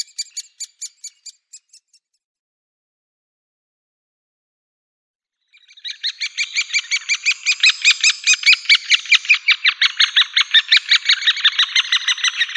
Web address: Schulze Peter Great Spotted Woodpecker nestlings